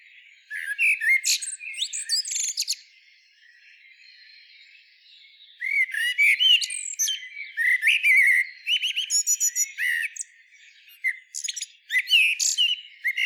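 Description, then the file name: Common blackbird in two main singing bouts: a short whistled and twittering opening, a quiet pause, then a long run of rapid, varied chattering and fluty notes. "Turdus merula"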